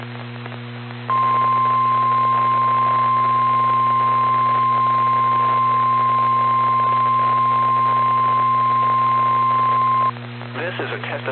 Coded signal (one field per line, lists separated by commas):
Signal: Emergency Alert System (SAME) tones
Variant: 1050 Hz attention tone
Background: speech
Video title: EAS Mini-Compilation 2022 Illinois/Kentucky Statewide Tornado Drills NOAA Weather Radio